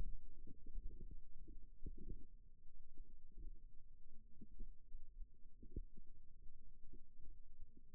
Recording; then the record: forearm muscle sounds (acoustic myography)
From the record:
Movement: rest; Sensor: system 2, bracelet of six BSWA MPA416 microphones around the upper forearm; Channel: 5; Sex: male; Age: 22 years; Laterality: right